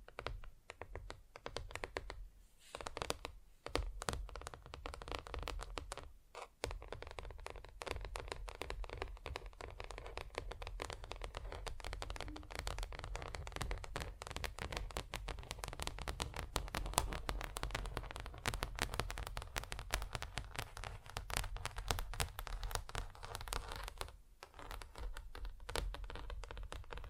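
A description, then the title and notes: Fingers tap rapidly on different surfaces, a dense, irregular stream of crisp clicks with brief pauses near three, six and twenty-five seconds. ASMR Just Tapping (Different Surfaces No Talking).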